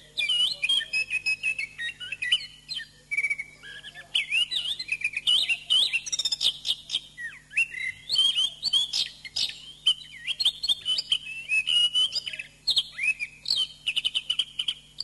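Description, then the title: Oriental magpie-robin delivering a continuous, energetic song of whistled phrases, rapid chatters and scratchy notes, barely pausing for fifteen seconds; faint hum below. "Kicau Kacer"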